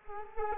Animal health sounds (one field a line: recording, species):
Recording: mosquito wingbeat signal from an infrared sensor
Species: Culex quinquefasciatus